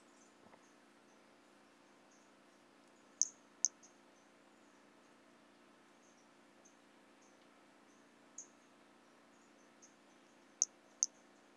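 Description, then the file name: White-lined pumpkin toadlet chirps, very high and clicky: two close pairs separated by a long gap with a single softer note, and fainter scattered high ticks between. Recorded in 2017. "Brachycephalus albolineatus LFR"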